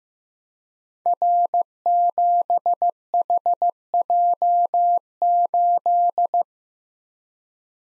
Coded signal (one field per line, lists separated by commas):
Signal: Morse code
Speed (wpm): 15 wpm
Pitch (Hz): 700 Hz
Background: none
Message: R7HJ8